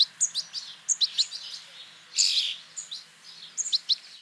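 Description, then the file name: European goldfinch calls: scattered thin, high chirps with one brief buzzy burst midway, spaced irregularly over a few seconds. "Carduelis carduelis"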